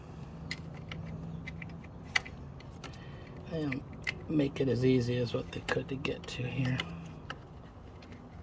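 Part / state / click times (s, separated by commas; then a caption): add-on throttle module plug into the accelerator pedal wiring connector / not seated / none. An add-on PedalBox throttle module plug is being handled near the accelerator pedal wiring connector in a tight, hard-to-reach spot on a Can-Am Spyder, with small scattered plastic taps and rattles while someone talks. The plug has not yet gone into the connector, and nothing has seated or clicked yet.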